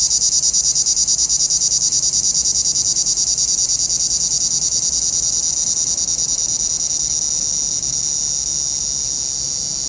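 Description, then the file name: Cicadas in a steady high buzzing chorus, pulsing several times a second and fading slightly toward the end. Cicadas heard in a pinewood. "Relaxing Music Therapy - Sounds from a Pinewood Cicadas"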